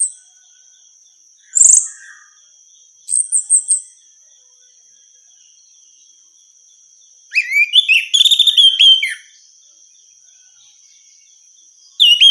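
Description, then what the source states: Orange-headed thrush song: scattered high buzzy notes and short chirps, then a fuller whistled phrase late on and a final note at the end. Female; recording meant for therapy or training.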